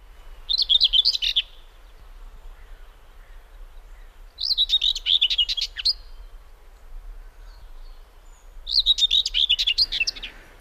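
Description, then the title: Common Whitethroat song: three short, scratchy, bubbling warbles, each one to one and a half seconds long, bursting out and stopping abruptly roughly every four seconds, with faint low background hum. Song a quick, scolding, bubbling warble that starts and ends abruptly; its rhythm, length and rolled r-sounds recall a short spontaneous burst of swearing; described as having a swinging rhythm. "Viikon luontoääni: Pensaskerttu"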